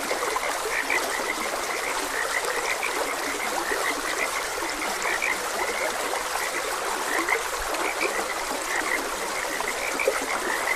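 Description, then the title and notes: Frogs croak without pause, their short notes piling into a dense chorus above a steady background of trickling water. Frogs croaking beside a gentle stream. "Gentle Stream and Frogs Croaking - Calming Sounds of Nature. Sleep and Relaxation Podcast"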